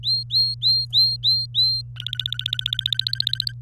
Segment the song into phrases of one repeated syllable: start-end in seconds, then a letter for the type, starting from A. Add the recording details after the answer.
0.03-1.81 A, 1.96-3.52 B. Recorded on 24 April 2018 at 12:10. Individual llb3